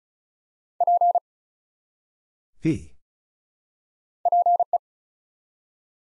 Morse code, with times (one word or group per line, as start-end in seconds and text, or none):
0.8-1.2 P
4.3-4.8 PE